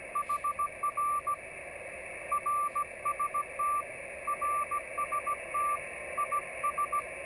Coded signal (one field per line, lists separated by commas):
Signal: Morse code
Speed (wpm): 16 wpm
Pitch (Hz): 1170 Hz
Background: radio noise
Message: HR RST RST IS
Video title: QSO CW QRP